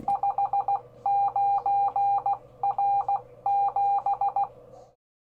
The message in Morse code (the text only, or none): 59R7